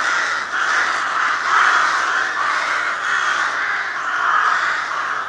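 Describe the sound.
Crow cawing in a continuous harsh stream, raspy caws blending together with no clear gaps.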